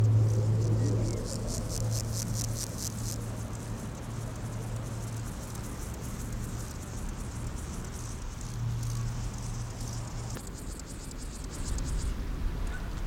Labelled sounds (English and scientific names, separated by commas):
Lesser Marsh Grasshopper (Chorthippus albomarginatus) stridulation